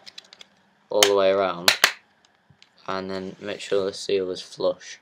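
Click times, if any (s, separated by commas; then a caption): 0.2 s, 0.3 s, 0.4 s. The plastic back cover of a universal dock, hooked in at the back first, is pushed onto the dock housing until its snap clips engage, giving quick, short, sharp clicks at 0.2, 0.3 and 0.4 seconds. The cover is seated, and someone then talks.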